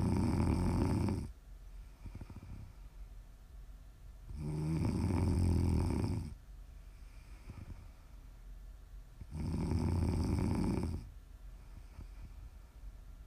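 Three loud, low, rattling snores about every five seconds, roughly 13 a minute, with quiet breathing between them.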